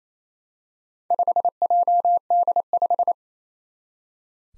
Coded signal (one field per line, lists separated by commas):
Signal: Morse code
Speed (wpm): 28 wpm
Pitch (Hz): 700 Hz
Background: none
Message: 5JD5